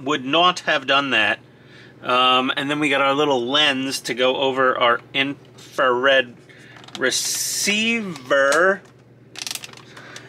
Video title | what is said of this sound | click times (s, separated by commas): Building the Bandai Space Battleship Yamato Starblazers 2199 1/350 scale model Part 6 #yamato | there we go she snaps into place lovely | 9.4 s, 9.5 s, 9.6 s